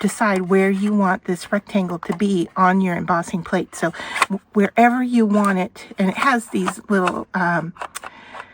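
A plastic positioning guide is handled and fitted onto a clear embossing plate, with small mechanisms meant to let it snap into place. Someone talks throughout, with one short, quiet hit during a pause. Nothing has seated or clicked yet by the end.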